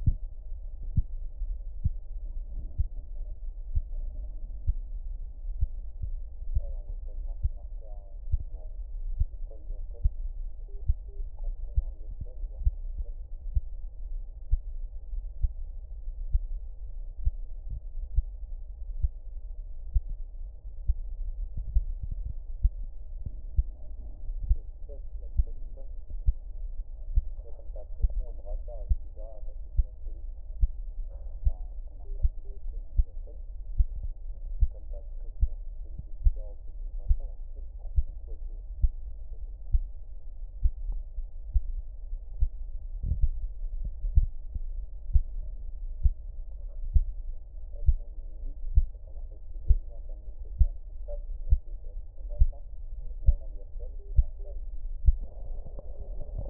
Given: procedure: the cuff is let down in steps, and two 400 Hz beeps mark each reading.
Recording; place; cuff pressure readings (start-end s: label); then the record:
Korotkoff sounds by stethoscope; brachial artery, at the lower edge of an arm cuff
10.68-11.21 s: 105 mmHg
32.05-32.57 s: 95 mmHg
53.99-54.52 s: 85 mmHg
From the record:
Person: healthy adult, 24 to 32 years, lying on the back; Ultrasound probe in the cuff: middle